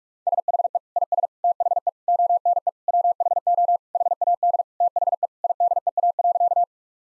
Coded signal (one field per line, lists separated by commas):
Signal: Morse code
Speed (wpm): 42 wpm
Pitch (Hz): 700 Hz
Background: none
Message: SHE IS THE ONE WHO HAD THE IDEA.